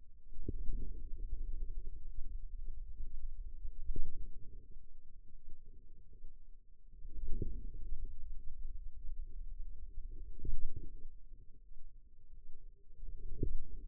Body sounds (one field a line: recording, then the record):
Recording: forearm muscle sounds (acoustic myography)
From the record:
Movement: radial deviation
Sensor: system 2, bracelet of six BSWA MPA416 microphones around the upper forearm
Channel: 1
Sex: female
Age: 23 years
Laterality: right